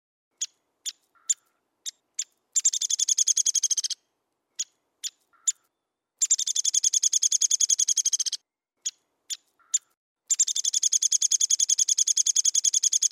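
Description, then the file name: Downy woodpecker alternating bursts of sharp, high single call notes with three long, rapid rattles of evenly spaced, clipped notes. "suara burung pelatuk downy omkicau"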